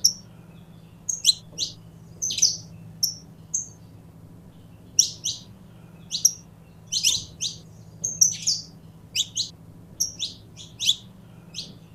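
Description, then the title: Belgian canary delivering repeated high chirps and flat whistled notes in irregular groups, with a low hum throughout. Purebred Belgian canary song. "Canto Do Canário Belga Puro"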